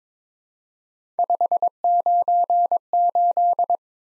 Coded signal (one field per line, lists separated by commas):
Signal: Morse code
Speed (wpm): 22 wpm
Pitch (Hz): 700 Hz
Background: none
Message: 598